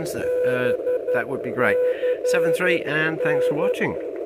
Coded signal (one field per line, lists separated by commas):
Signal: Morse code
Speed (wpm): 11 wpm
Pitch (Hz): 500 Hz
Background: speech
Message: BCN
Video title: Is it a Beam ? ⚡Far Field Pattern⚡ HF E field Beam Experiment ⚡🙏⚡